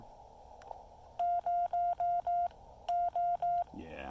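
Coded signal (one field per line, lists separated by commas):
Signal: none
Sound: radio button beeps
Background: speech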